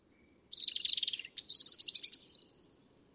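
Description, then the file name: European robin song in two quick phrases, each a dense rapid warbling trill, the second ending in a drawn-out thin whistled note. "Erithacus rubecula"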